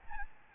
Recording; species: mosquito wingbeat signal from an infrared sensor; Aedes albopictus